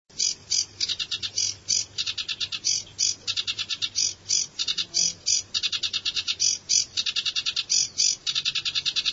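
Bird chirping in fast bursts of short, high, bright notes, several a second, grouped into runs with brief pauses between, plus a faint low hum beneath.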